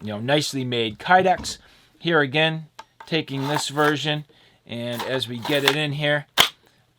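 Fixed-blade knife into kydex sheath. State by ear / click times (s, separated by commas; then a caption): seated / 6.4 s. A fixed-blade chopping knife is pushed into its molded kydex sheath while someone talks. It locks in with a sharp, positive click at 6.4 seconds and is seated.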